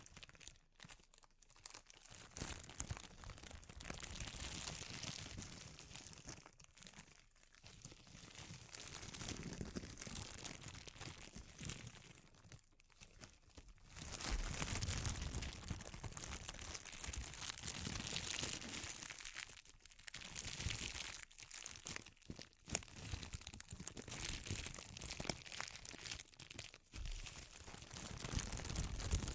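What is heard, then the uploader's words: Close, crisp crinkling fills the clip in dense bursts, with brief near-silent gaps around 2, 7, 13 and 20 seconds. The rustling is bright and papery with occasional crunchy, tearing edges, varying in intensity in a quiet small room. ASMR Sensitive Crinkles (No Talking).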